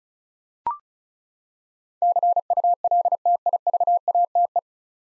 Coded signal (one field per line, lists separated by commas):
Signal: Morse code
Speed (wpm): 36 wpm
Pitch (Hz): 700 Hz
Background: none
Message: CULTIVATE